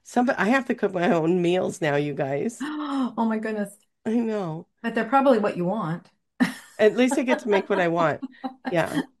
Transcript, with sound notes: I have to cook my own meals now, you guys.
(gasps) Oh my goodness.
I know.
But they're probably what you want. (laughs)
At least I get to make what I want, yeah.